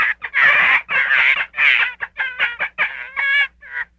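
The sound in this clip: Gray fox producing several loud, scratchy squeals, then a few clearer wavering whines, in quick uneven succession over four seconds.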